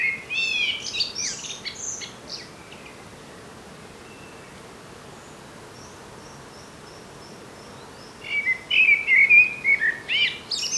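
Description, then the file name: Common blackbird song: a high squeaky twitter at the start, a long quiet gap, then a new fluty warbling phrase rising into thin high notes. "Turdus merula"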